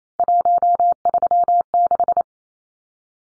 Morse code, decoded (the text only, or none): 136